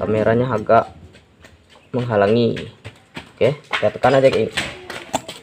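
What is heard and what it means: Someone talks while pressing down on a valve spring assembly on a valve stem in a motorcycle cylinder head so the metal valve keepers lock into place. A sharp, short hit is heard at 5.2 s as the keepers lock in, and the assembly is seated.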